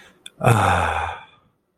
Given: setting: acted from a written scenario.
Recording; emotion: vocal sound without words; contentment